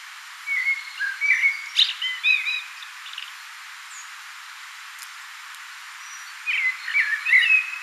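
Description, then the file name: Common blackbird song: two mellow, fluted warbling phrases with thin high notes, separated by a few seconds of quiet background hiss. "Turdus merula"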